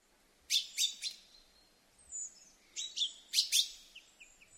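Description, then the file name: Common chaffinch calls: a few loud, sharp high chirps, a thin drawn-out whistle, another burst of loud chirps, then fading softer notes. "Fringilla coelebs"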